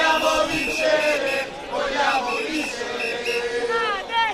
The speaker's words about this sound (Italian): Scandendo questo slogan che ieri molti universitari romani hanno accolto la marcia indietro di Berlusconi sull'ipotesi di usare la polizia per sgomberare le facoltà occupate. In migliaia hanno sfilato in corteo dalla Sapienza al Senato